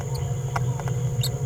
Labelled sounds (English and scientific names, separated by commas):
Green-rumped Parrotlet (Forpus passerinus) babbling